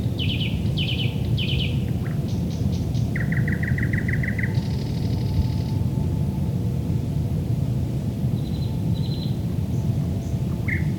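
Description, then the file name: Thrush nightingale song: repeated loud chock notes, a rapid even rattle, then a buzzy high grating phrase, later soft high trills and a slurred note, over low steady rumble. Recorded at Lohne in 2010. "sprosserlohne"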